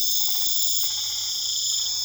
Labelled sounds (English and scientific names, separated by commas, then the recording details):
none
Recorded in pastures near Puerto Asís, Putumayo, Colombia, on 8 March 2025 at 23:30
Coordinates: 0.487, -76.322
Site G077